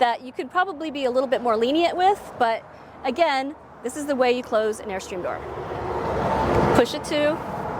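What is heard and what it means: Someone talks while pushing the newer-style entry door of an Airstream travel trailer closed toward its door frame. Voiced speech fills most of the clip, and a rising broadband rush builds from about 5 s to 7 s. The entry door latch has not yet seated or clicked when the clip ends.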